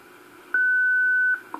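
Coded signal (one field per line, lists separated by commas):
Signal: radio time signal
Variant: WWV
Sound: one steady high beep lasting under a second, with brief clicks around it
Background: radio static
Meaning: A 1500 Hz tone lasting 0.8 s marks the start of the hour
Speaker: at the tone 15 hours zero minutes coordinated universal time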